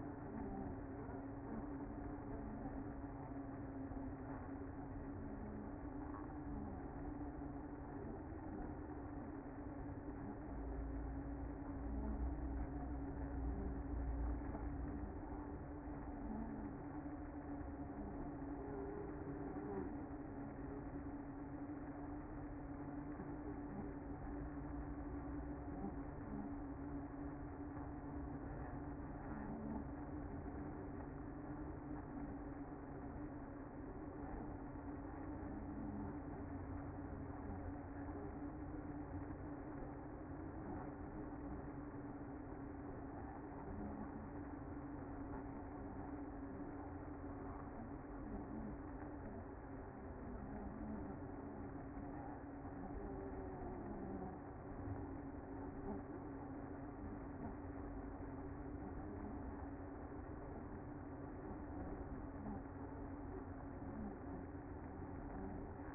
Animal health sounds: honeybee colony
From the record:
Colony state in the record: active

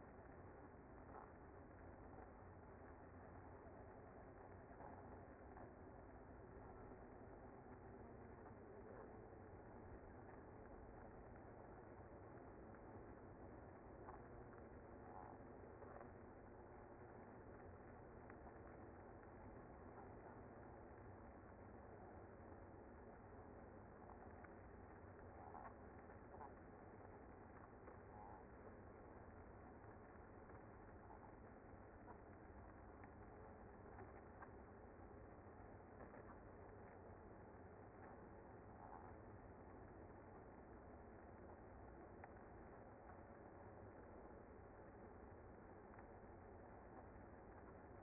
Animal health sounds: honeybee colony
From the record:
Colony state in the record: active

